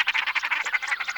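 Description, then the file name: Common shelduck calls, a fast run of short notes, steady in pitch for just over a second. Played from an electronic decoy caller. "Пеганка Volpoca"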